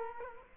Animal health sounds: mosquito wingbeat signal from an infrared sensor; Culex quinquefasciatus

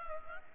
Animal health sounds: mosquito wingbeat signal from an infrared sensor; Culex pipiens

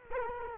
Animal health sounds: mosquito wingbeat signal from an infrared sensor; Culex quinquefasciatus

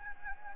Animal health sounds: mosquito wingbeat signal from an infrared sensor; Anopheles gambiae

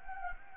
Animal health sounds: mosquito wingbeat signal from an infrared sensor; Anopheles gambiae

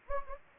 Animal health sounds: mosquito wingbeat signal from an infrared sensor; Anopheles gambiae

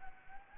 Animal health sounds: mosquito wingbeat signal from an infrared sensor; Anopheles gambiae

